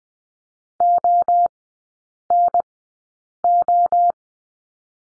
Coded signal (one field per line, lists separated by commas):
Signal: Morse code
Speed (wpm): 20 wpm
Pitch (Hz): 700 Hz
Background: none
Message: ONO